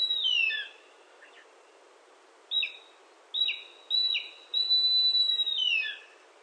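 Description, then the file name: Mountain hawk-eagle calling: high, thin whistled notes, some sliding downward, given in a short burst and then a longer series of piercing whistles. Recorded at Nikko on 6 May 2013. "kumataka nikko abe"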